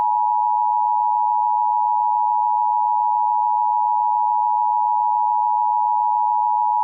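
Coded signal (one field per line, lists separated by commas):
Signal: Emergency Alert System (SAME) tones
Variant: 853 and 960 Hz attention tone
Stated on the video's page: Mock tornado warning EAS scenario made with software, using a realistic EASyPLUS screen and voice filter.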